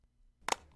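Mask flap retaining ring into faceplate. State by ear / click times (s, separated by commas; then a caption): seated / 0.5 s. The integrated retaining ring of the flap on a Philips ComfortGel Blue full-face mask is pressed firmly down over the cushion onto the faceplate until its plastic connection tabs click into place. After a quiet start, a short, bright, broadband snap peaks sharply at 0.5 s and fades quickly into low background noise. The ring is seated on the faceplate.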